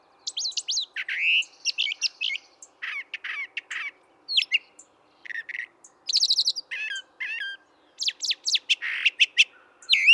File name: Brown Thrasher